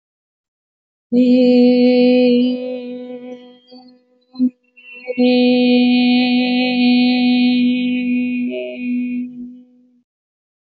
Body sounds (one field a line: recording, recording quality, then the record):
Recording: sustained vowel as in made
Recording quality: excellent, no background noise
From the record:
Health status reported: healthy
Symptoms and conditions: diabetes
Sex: female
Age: 41 years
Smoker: not ticked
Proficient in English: yes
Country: Canada